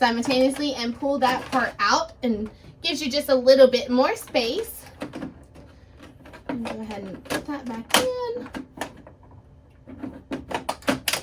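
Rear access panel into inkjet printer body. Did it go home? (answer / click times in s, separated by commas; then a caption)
yes / 11.1 s. The removable rear access panel of an HP OfficeJet Pro 8028 inkjet printer, taken out by pressing its buttons at the same time to give more room for clearing a paper jam, is pushed back into the printer body. Someone talks, then a few quieter knocks of handling build to a sharp, loud click at 11.1 s as the panel locks into place.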